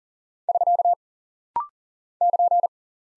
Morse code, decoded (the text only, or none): <SK> <KN>